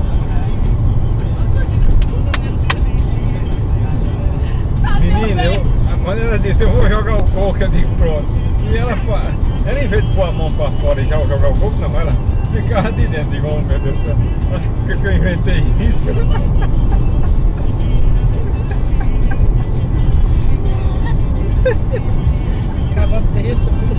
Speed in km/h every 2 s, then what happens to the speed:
132, 134, 135, 136, 135, 135, 135, 136, 137, 137, 133, 136.
0-24 steady at about 135.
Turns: none.